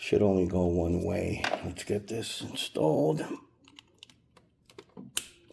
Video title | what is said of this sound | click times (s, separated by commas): HARLEY DAVIDSON SECURITY SIREN KIT INSTALL | Listen for the click. | 5.2 s